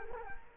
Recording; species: mosquito wingbeat signal from an infrared sensor; Culex quinquefasciatus